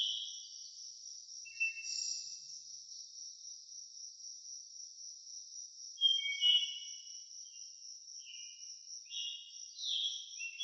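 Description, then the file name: Cricket trill holding a steady high tone, while birds add scattered short chirps, busier in the second half. Crickets with birds in a nature ambience sound effect. "Blastwave FX Nature Birds Crickets"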